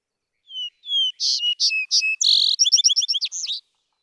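Vesper sparrow song with two low whistles, a run of louder notes, a brief buzzy note, and a quick series of sweet, descending trilled notes.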